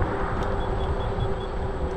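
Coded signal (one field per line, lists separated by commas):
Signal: none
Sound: scooter's beeps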